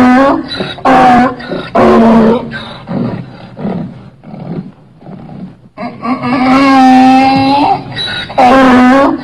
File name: sonido de burro